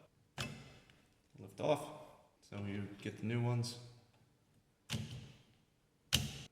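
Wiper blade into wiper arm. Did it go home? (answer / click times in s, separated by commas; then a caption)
yes / 6.2 s. A new passenger-side wiper blade is pushed onto the wiper arm of a 2022–2024 Audi A3 until its plastic connector clicks into place. Someone talks, then a sharp click at 6.2 s marks the blade seating fully on the arm.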